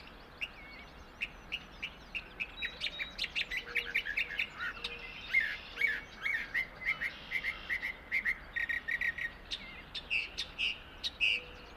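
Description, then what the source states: Northern Mockingbird song of varied chirps and whistles in quick succession, with continuous stream noise behind it. Singing in an apple tree in a meadow at Finger Lakes National Forest, end of a morning exploration on 1 May, with a small stream rushing in the background.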